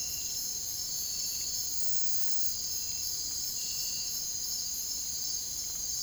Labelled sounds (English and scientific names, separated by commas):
none